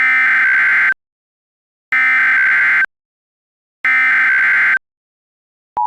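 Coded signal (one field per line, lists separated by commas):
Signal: Emergency Alert System (SAME) tones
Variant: header bursts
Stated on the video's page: Mock EAS severe thunderstorm warning for Lincoln, South Dakota; simulated alert.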